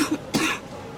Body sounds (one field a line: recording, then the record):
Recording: coughing mixed with background sound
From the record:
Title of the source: 64 coughing, allergies, singing lungs